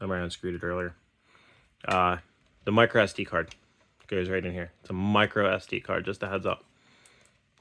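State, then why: Seated. A micro SD card is pushed into the card slot under a small hatch on a Topiacam 1080P WiFi wireless battery security camera while someone talks. After the talking stops, a short click at 7.1 s marks the card seating in the slot, followed by two fainter ticks.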